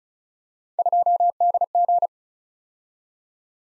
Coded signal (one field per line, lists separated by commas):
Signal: Morse code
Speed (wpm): 34 wpm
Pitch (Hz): 700 Hz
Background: none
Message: 2DG